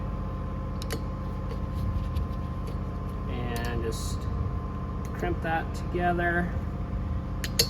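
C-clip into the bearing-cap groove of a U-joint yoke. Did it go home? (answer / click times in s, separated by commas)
yes / 7.6 s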